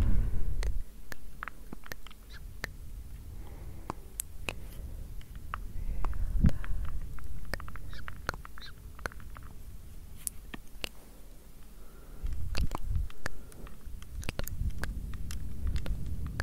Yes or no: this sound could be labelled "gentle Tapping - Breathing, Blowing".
yes